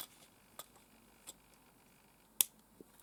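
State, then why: Seated. A small LEGO speeder sub-build is pressed back into the open slot in the larger plastic brick model of the LEGO 75414 The Force Burner Snowspeeder. Faint plastic ticks at about 0.6 s and 1.3 s lead to a sharp, loud snap at 2.4 s as the speeder seats in its slot, followed by a softer tick near 2.8 s.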